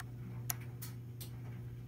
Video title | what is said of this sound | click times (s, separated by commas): PFAFF Creative 2144/2170 Bobbin Winding! | so it might there you hear the little click | 0.5 s